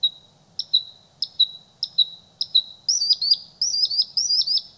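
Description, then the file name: Bluethroat song: repeated doubled ringing notes, then a string of quick twanging, swooping phrases. "Blauwborst"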